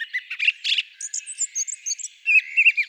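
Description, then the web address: Song thrush, a quick run of varied high squeaky and chirping notes, ending in a louder run of notes. "Turdus philomelos"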